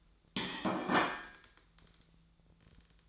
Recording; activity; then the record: daily activity, microphone in the room; place plate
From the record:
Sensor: 3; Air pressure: 1009.4 hPa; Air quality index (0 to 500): 198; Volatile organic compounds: 17 ppm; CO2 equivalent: 2570 ppm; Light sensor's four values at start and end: 35/86/37/39 and 35/86/37/39